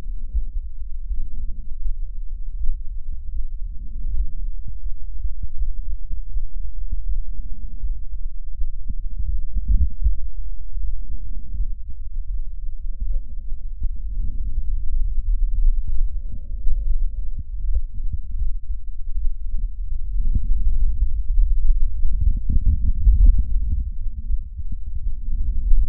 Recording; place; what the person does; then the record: lung sounds by stethoscope; left anterior apical chest; quiet breathing, then deep breathing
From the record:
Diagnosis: COPD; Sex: female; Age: 80 years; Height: 160 cm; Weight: 62 kg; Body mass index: 24.2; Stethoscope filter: bell mode